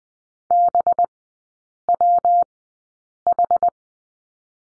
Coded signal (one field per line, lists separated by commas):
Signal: Morse code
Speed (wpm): 20 wpm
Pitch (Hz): 700 Hz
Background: none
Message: BWH